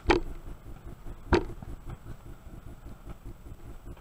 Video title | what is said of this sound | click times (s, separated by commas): TOP 5 SKS MODS ep#3 | looks like it clicked into place next step we'll be putting the pistol grip in | 1.3 s